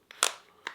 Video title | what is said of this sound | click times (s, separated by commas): KORE EDC Belt Review | until it clicks and is comfortable | 0.2 s